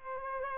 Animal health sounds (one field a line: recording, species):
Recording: mosquito wingbeat signal from an infrared sensor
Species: Culex pipiens